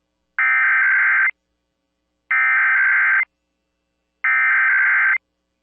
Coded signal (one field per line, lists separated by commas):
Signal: Emergency Alert System (SAME) tones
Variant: header bursts